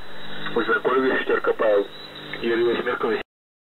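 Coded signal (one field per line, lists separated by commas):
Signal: coded military voice message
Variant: The Pip, Russian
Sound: a short spoken phrase in a male voice over a noisy radio channel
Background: radio static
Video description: "The Pip" is a Russian military station that broadcasts on 5448 kHz at daytime and 3756 kHz at nighttime.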